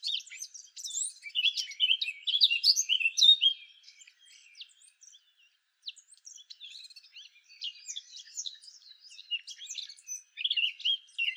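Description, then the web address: Eurasian blackcap song, rambling and chattery, loud at first, then softer scattered notes before a final bright flurry. "SETE data Sylvia atricapilla"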